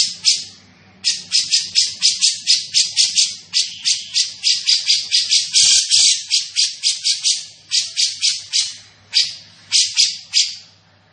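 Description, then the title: Grey-cheeked bulbul giving harsh, rasping chattering notes, about four per second in long runs broken by brief pauses, with no other clear sounds. Bird singing persistently (gacor); voice described as dense and clear. "Cucak Jenggot Gacor, Suara Rapat Dan Jernih"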